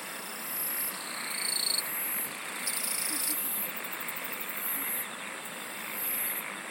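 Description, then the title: Insect song: several high buzzy trills overlapping in bursts, starting and stopping irregularly over a continuous background chorus of insects. "SINGING OF INSECTS"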